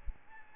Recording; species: mosquito wingbeat signal from an infrared sensor; Aedes albopictus